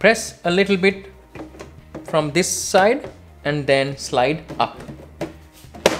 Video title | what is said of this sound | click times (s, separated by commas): How to add NVMe SSD and Heat Sink to PS5 | you should hear a click like that and that's it we just successfully installed | 5.9 s